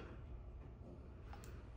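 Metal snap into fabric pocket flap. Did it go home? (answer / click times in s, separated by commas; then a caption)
no / none. A decorative metal snap is placed on a fabric pocket flap and lined up in a setting press before pressing, with faint handling taps around 1.3 s and 1.4 s over a low steady rumble. The snap is only positioned; nothing has seated or clicked yet.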